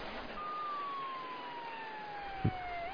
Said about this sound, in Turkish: Aman Allah'ım, aman Allah'ım, polis arabaları.